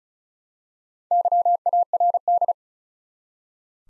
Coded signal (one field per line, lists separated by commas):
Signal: Morse code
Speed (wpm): 36 wpm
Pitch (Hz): 700 Hz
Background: none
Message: YARD